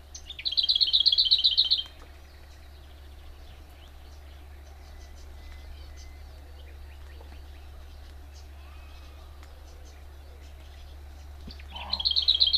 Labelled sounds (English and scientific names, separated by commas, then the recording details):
Lesser Whitethroat (Sylvia curruca) song
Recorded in the wild
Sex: male
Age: adult
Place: Gartz (Oder), Nationalpark Unteres Odertal, Brandenburg, DE
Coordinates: 53.1322, 14.377
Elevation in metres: 1
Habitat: willows
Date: 2014-05-07 20:44
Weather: cloudy, 18°C, almost windless
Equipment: Sound Devices 702, Sennheiser MKH 70, Rycote Windschutz
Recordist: Frommolt, Karl-Heinz